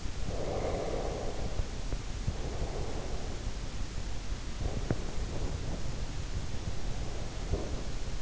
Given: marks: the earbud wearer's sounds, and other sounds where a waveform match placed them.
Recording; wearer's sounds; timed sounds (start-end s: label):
sounds in sleep by an in-ear microphone; breath, teeth grinding
0.27-3.38 s: breath
1.50-2.34 s: teeth grinding
4.41-8.22 s: breath
4.61-5.22 s: teeth grinding
7.29-7.74 s: sound from someone else or the room